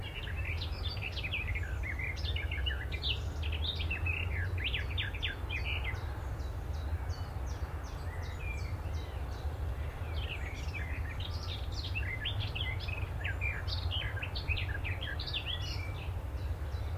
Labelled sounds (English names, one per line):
Willow Warbler